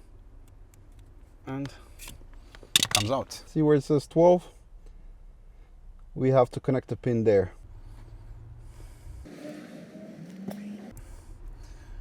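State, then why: Seated. During a headlight retrofit on a straight-six BMW E46 325i Touring, a wire pin terminal is pushed into the slot marked 12 in a connector housing while someone talks. A faint scraping follows, then a short click at 10.5 s as the pin seats in place.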